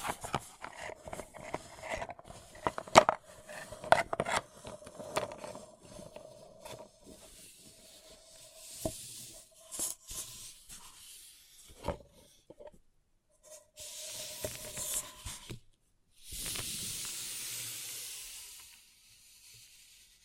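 A paper cup is handled in crinkly, crackling bursts with sharp taps, busiest in the first seven seconds. Later come quieter stretches broken by soft hissing rubs around 9, 14 and 17 seconds, with a faint steady tone running underneath.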